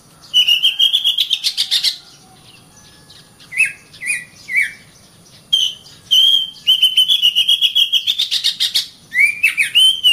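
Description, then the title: Oriental magpie-robin song: loud whistled phrases near the same pitch mixed with sharp buzzy bursts and short falling notes, broken by brief pauses; a thin steady high tone runs throughout. Master recording for training birds. "KACER MASTER"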